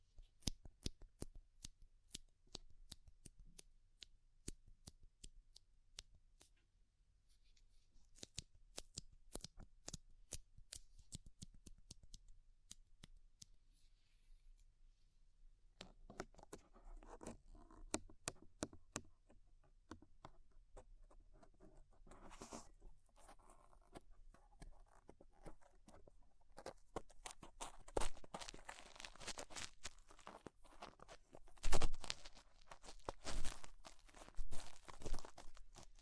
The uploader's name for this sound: Ear Cleaning Rhinestone & Clay Removal